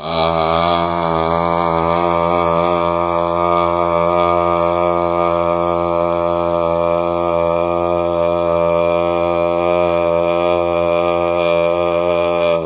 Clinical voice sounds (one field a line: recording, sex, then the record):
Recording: sustained vowel /a/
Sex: male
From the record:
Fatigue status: no fatigue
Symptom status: symptomatic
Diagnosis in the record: COVID-19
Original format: 3gp